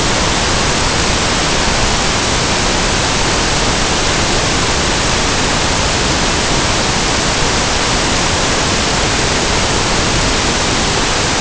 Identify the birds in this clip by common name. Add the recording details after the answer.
none. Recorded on Arctic tundra, site NAIT-1, on 23 June 2018. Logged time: 19:00